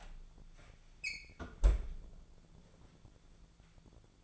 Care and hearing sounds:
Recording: daily activity, microphone in the room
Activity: close fridge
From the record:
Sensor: 5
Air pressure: 1000.2 hPa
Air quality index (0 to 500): 99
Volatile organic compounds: 1 ppm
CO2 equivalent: 801 ppm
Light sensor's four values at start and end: 246/583/250/276 and 243/574/247/272

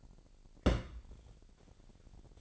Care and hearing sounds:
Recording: daily activity, microphone in the room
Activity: place on stove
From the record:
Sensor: 5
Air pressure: 1012.1 hPa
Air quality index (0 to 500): 233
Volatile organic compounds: 4 ppm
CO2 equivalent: 1547 ppm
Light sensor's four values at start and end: 50/111/48/53 and 50/111/48/53

